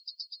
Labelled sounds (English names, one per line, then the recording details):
Yellowhammer song
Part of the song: start
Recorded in the Czech Republic on 23 June 2013
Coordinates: 50.028, 17.092
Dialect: B?
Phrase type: G36
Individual 311103